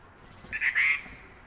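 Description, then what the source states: Grey treepie giving a short, harsh, two-part rasping call, mid-pitched and abrupt, over quiet background. Recorded at Yushan.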